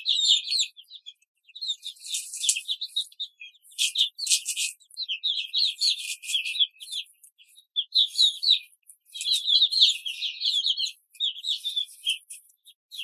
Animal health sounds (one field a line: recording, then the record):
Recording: young laying hens in a cage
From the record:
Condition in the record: control cage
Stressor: none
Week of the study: 5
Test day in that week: 1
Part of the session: 3